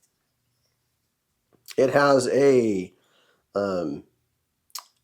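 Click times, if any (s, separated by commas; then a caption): 4.8 s. Someone talks, then a folding pocket knife's blade is swung open and its liner lock snaps into place behind the blade tang with a short, sharp metal click at 4.8 s. The lock engages and locks up nicely.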